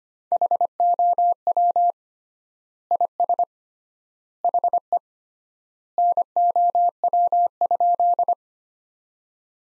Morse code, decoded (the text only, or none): HOW IS HE NOW?